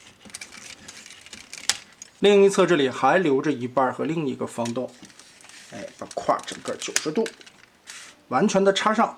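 A plastic hip and leg half of a Type 055 Nanchang destroyer transforming robot toy is pressed onto the long and square holes of its core skeleton, with light plastic ticks near 0.4 s. It clips into place with a sharp, loud click at 1.7 s. Someone talks through most of the clip, and faint handling taps follow near 7.6–7.9 s.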